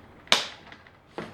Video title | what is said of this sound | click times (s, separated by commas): Bissell TurboClean PowerBrush Pet Carpet Cleaner, 2987,Green/ Black | Just pops into place, and you got a little button there so you can hear it lock. | 0.3 s